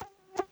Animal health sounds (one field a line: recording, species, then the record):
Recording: mosquito flight sound by mobile phone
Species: Aedes sierrensis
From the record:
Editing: cut to the mosquito's sound